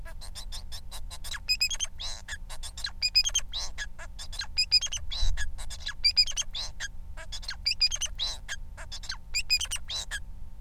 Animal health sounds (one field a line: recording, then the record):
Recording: song of a male Bengalese finch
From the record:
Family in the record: son of father 4